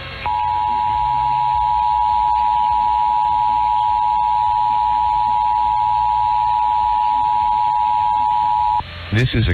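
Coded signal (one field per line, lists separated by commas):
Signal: Emergency Alert System (SAME) tones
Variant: 853 and 960 Hz attention tone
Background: speech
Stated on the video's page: Maine statewide Required Monthly Test on a WeatherSTAR 4000 cable feed, NOAA Weather Radio audible in background.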